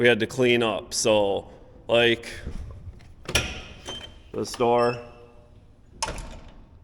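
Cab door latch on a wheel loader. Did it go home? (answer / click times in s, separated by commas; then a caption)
no / none. Someone talks while the cab door of a wheel loader (payloader) is slammed shut, with sharp bangs near 3.4 s and 6.0 s. The door should latch and stay closed, but the latch is broken and fails to catch. Nothing has latched or clicked into place.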